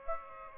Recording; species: mosquito wingbeat signal from an infrared sensor; Aedes aegypti